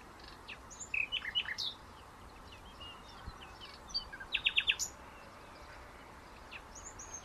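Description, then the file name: Common nightingale song in short bursts: scattered high notes and sweeps, then a quick cluster of repeated chips, with quieter gaps and steady hiss. "Luscinia megarhynchos"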